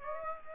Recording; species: mosquito wingbeat signal from an infrared sensor; Aedes aegypti